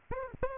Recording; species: mosquito wingbeat signal from an infrared sensor; Aedes aegypti